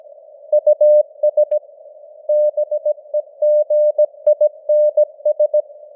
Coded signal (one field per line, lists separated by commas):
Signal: Morse code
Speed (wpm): 17 wpm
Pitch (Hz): 600 Hz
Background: none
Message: US BEGINS